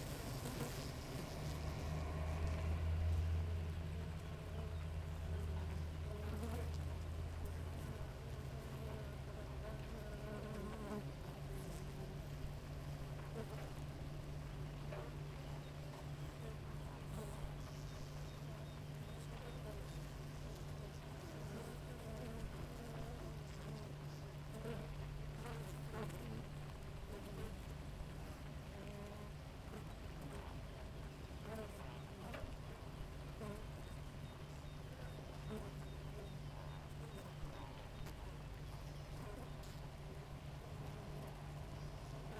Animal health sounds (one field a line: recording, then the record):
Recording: honeybee colony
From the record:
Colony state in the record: active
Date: 28 July 2017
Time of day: 5:37